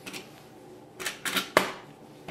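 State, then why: Seated. The hard plastic cover of an OtterBox Defender case for a Samsung Galaxy Tab, which doubles as a stand, is closed and pushed down, with a few softer handling taps beforehand. At 1.6 s the cover snaps into place with one loud, sharp snap, leaving it seated and shut.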